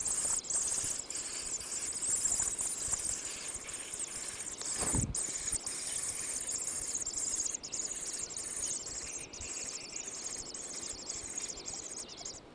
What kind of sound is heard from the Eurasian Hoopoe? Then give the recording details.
call. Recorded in the wild. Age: juvenile. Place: Niederspree, Oberlausitz, Sachsen, DE. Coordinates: 51.3833, 14.8833. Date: 1962-05-12. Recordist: Meyer, Hugo. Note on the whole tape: Niederspree, an der Höhle: Fütterungen. Mahnen der Jungen. Abwehrgeräusche der Jungen in der Höhle